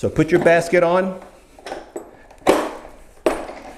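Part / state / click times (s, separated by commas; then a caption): basket onto power wheelchair base / seated / 3.3 s. A storage basket is fitted onto the base of a WHILL Model C2 portable lithium power chair while someone talks. A few light knocks follow, and the basket snaps on with a sharp click at 3.3 s, seated.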